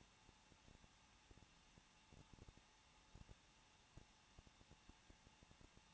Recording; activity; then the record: daily activity, microphone in the room; no activity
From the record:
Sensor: 1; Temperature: 20.1 degrees Celsius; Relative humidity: 39.1%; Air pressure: 1006.4 hPa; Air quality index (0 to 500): 216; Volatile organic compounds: 74 ppm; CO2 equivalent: 3552 ppm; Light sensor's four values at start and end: 1/2/1/1 and 1/2/1/1